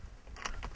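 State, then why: Seated. On a 2014 Jeep Wrangler, the soft top's tab is pushed and locked into the side latch inside the top, over a low background rumble. A short, sharp click comes at 0.5 s, followed by a slightly quieter tick at about 0.6 s. The tab is seated and the soft top's side latch is clicked shut.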